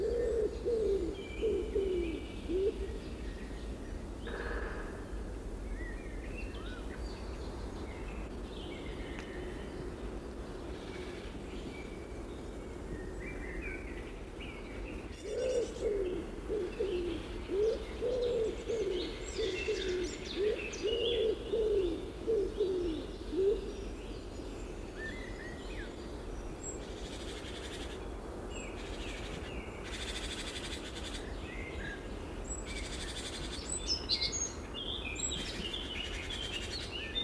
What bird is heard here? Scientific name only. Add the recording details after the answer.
Columba palumbus. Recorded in the wild. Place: Mölln-Medow, Insel Rügen, Mecklenburg-Vorpommern, DE. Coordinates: 54.375, 13.4136. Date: 1974-05-04. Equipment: Nagra III BH, Sennheiser MD 21, parabola. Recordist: Schubert, Michael